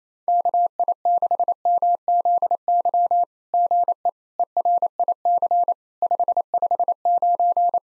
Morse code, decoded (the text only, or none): KI6MZY GE ERIC 559